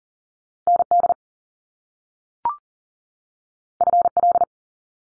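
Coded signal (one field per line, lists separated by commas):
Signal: Morse code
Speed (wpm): 41 wpm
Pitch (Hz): 700 Hz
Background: none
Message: ND FL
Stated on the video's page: Morse code head-copy drill of US state names at 40 wpm, each sent, spoken, then sent again.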